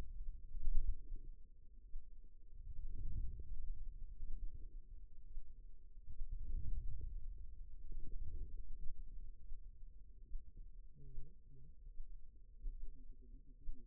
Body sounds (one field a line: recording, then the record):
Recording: forearm muscle sounds (acoustic myography)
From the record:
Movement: outward rotation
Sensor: system 2, bracelet of six BSWA MPA416 microphones around the upper forearm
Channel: 3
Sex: male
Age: 22 years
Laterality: right